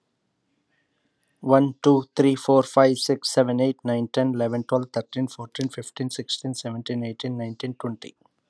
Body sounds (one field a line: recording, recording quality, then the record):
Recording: counting at a fast pace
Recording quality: excellent, no background noise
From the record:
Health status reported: healthy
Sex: male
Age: 45 years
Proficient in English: yes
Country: United States